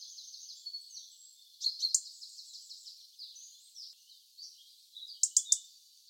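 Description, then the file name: European robin sharp ticking calls, a short burst early on and a triple near the end, against soft, continuous high warbling. "Erithacus rubecula"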